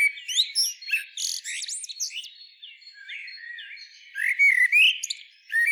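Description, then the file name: Common blackbird song with soft fluted notes and twittering, a quieter stretch, then a louder rising warble followed by thin squeaks. "Turdus merula"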